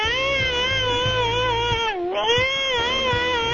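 A New Guinea singing dog whines in one long, unbroken, high-pitched wail, its tone quavering slightly, briefly sagging and breaking partway through, then rising again and holding to the end. No one speaks.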